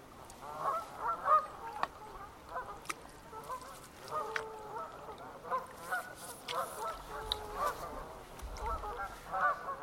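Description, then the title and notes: Canada goose chorus: many birds honking in an irregular, overlapping run of short nasal calls. Flock of about 300 Canada geese beginning an evening chorus on a stretch of the River Wye, Herefordshire, recorded while paddleboarding. "Enjoy a relaxing experience paddleboarding on a stretch of the River Wye in Herefordshire, where a flock of about 300 Canada geese begin an extraordinary evening chorus. Recorded by Maria Hodson"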